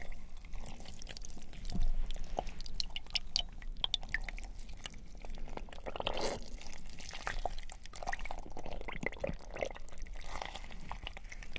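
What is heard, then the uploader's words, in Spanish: Mouth sounds with some hand noises and honey: wet, sticky clicks and smacks come thick and irregular across the whole stretch, like chewing or dripping liquid. A louder smack lands near the two-second mark, and a softer squelching patch swells around six seconds. Sonidos de boca y algunos de manos y miel.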